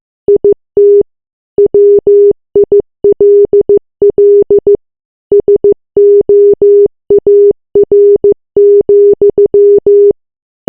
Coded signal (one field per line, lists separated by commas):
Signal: Morse code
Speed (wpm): 15 wpm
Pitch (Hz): 410 Hz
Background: none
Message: IT WILL SOAR,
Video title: Morse Code Message 008